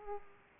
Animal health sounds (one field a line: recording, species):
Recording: mosquito wingbeat signal from an infrared sensor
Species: Aedes aegypti